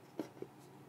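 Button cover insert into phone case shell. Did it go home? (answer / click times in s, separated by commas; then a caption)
no / none. A small removable button/port cover piece is pressed back into a rugged two-part iPhone 14 Pro case shell after it came out, sliding into place. A few small, soft taps are heard at about 0.2 s, 0.4 s and 0.9 s in a quiet setting. Nothing has seated or clicked yet.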